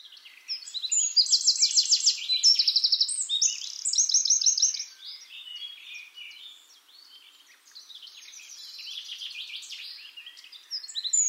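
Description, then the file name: Eurasian wren song opening with loud rapid high trills and rattles, then fading into quieter hurried twittering before a final loud burst. "Troglodytes troglodytes"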